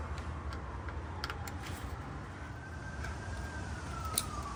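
A second push-to-connect fuel line fitting is worked onto its line during an AN6 fuel line install for a TBSS intake on a 2000 Silverado. A few faint ticks and rustles sound over a low rumble and a steady, wavering high tone. At 4.2 s the fitting snaps home with one sharp click, seated and locked on.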